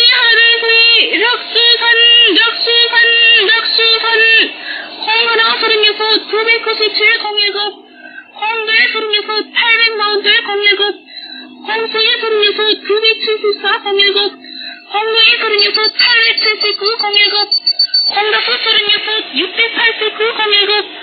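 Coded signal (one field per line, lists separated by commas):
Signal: numbers station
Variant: V28 "The Parrot", Korean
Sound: synthetic-sounding Korean voice reading groups of digits in a steady, evenly paced monotone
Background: radio static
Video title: V28 North Korean Numbers Station "The Parrot" 3266.9kHz GMT 2017-04-04 10:35~10:40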